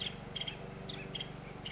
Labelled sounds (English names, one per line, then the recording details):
Nuttall's Woodpecker
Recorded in Sonoma County, California